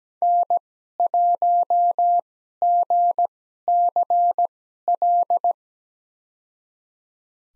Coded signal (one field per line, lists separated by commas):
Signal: Morse code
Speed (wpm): 17 wpm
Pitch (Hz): 700 Hz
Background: none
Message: N1GCL